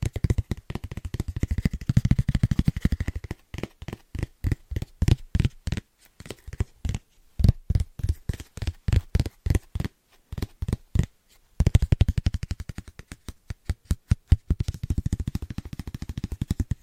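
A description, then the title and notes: Fast tapping in quick, even bursts, each tap a sharp click with a low thump beneath it. The opening three seconds and the final five are dense, nearly continuous rattling, while the middle stretch slows into separate clusters of taps with short silent gaps. ASMR Fast Tapping with New Tingly Triggers (No Talking).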